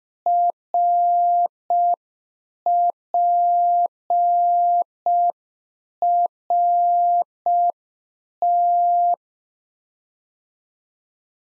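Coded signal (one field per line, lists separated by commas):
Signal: Morse code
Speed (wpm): 5 wpm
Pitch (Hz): 700 Hz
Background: none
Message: RPRT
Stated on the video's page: Practice QSO exchange (rig, antenna, weather) sent in Morse at 5 wpm for head-copy drill.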